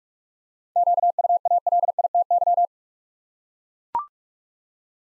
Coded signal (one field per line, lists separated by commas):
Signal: Morse code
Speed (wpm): 44 wpm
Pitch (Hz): 700 Hz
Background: none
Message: QUALITY